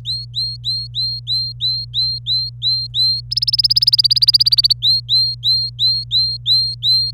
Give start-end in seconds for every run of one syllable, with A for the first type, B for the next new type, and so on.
0.05-3.21 A, 3.31-4.73 B, 4.82-7.11 A